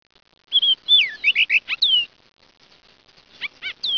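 Oriole giving a quick cluster of sweeping whistled notes, falling and looping, then a pause and a few softer chirps at the end.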